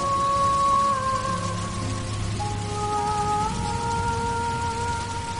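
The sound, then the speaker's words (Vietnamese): Steady night rain patters on a window as a continuous, even hiss of drops, with soft sustained tones drifting underneath and no voices. “Mưa bên ngoài cửa sổ lại rơi xuống, từng giọt tí tách dừng lại trên cửa sổ cách bọn họ rất gần.”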